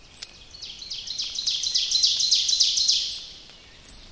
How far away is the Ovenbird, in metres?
about 25 m